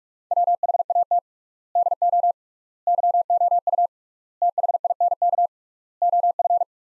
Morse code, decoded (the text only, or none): WHAT DO YOU THINK OF